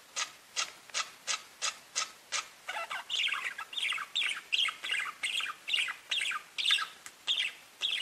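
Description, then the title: Budgerigar chirps, a fast series of sharp bright notes, then turning into denser warbling chatter. "Budgie Sounds"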